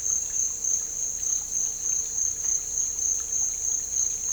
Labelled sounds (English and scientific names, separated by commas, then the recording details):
none
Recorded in dense forest near Puerto Asís, Putumayo, Colombia, on 9 March 2025 at 08:00
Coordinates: 0.467, -76.328
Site G041